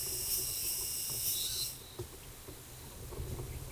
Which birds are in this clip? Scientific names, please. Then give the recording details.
none. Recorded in forest near Pivijay, Magdalena, Colombia, on 13 April 2023 at 09:30. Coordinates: 10.467, -74.380. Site Z5-G034